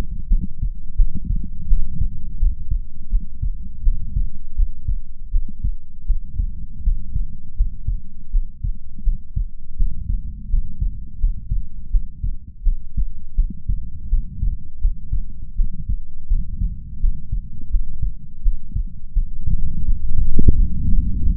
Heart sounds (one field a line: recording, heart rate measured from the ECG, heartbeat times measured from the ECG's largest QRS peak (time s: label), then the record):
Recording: heart sounds by stethoscope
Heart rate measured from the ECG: 83 bpm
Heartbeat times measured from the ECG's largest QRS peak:
0.27 s: heartbeat
0.95 s: heartbeat
1.66 s: heartbeat
2.37 s: heartbeat
3.09 s: heartbeat
3.82 s: heartbeat
4.54 s: heartbeat
5.30 s: heartbeat
6.05 s: heartbeat
6.82 s: heartbeat
7.55 s: heartbeat
8.30 s: heartbeat
9.02 s: heartbeat
9.75 s: heartbeat
10.48 s: heartbeat
11.18 s: heartbeat
11.89 s: heartbeat
12.62 s: heartbeat
13.34 s: heartbeat
14.08 s: heartbeat
14.79 s: heartbeat
15.54 s: heartbeat
16.27 s: heartbeat
16.99 s: heartbeat
17.69 s: heartbeat
18.41 s: heartbeat
19.12 s: heartbeat
19.84 s: heartbeat
20.54 s: heartbeat
21.21 s: heartbeat
From the record:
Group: healthy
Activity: cold pressor test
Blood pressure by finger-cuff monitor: 106/65 mmHg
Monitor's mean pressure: 79 mmHg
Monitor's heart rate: 83 bpm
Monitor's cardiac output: 6.9 L/min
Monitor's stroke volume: 83 mL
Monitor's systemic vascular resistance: 820 dyn s/cm5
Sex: female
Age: 26 years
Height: 165 cm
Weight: 55 kg